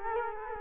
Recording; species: mosquito wingbeat signal from an infrared sensor; Culex quinquefasciatus